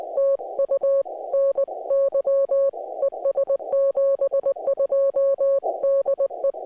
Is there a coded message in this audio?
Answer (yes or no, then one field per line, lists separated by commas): yes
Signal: Morse code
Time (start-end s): 0.2-6.5 s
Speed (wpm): 19 wpm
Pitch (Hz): 550 Hz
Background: music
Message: TU NY ES 72 DE